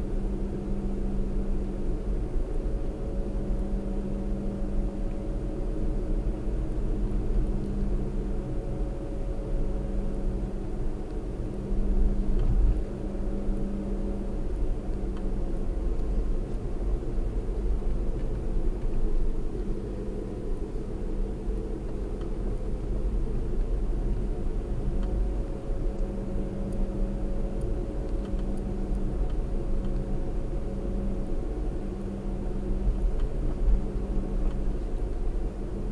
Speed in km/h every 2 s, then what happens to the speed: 53, 53, 55, 55, 53, 53, 53, 52, 50, 50, 50, 52, 55, 55, 53, 53, 53, 53.
0-33 steady at about 53.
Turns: none.